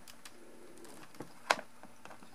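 A plastic T-tap splice connector is pushed down over a wire and gives a sharp snap at 1.5 s, with fainter ticks around it. The connector snaps but is not closed all the way, so it is then squeezed from the other side.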